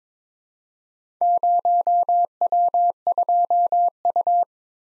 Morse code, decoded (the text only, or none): 0W2U